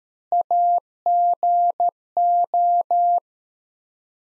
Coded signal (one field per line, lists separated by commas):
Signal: Morse code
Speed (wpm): 13 wpm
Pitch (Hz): 700 Hz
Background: none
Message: AGO